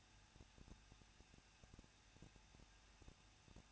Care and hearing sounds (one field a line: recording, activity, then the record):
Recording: daily activity, microphone in the room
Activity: no activity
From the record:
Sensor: 2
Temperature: 21.0 degrees Celsius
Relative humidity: 37.3%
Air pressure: 1006.2 hPa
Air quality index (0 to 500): 222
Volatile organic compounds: 24 ppm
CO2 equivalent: 2806 ppm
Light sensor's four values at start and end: 2/3/2/2 and 2/3/2/2